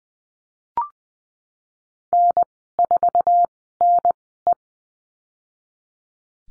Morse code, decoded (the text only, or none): N4NE